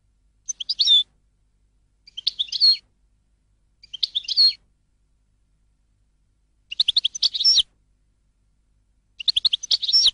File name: audio burung goldfinch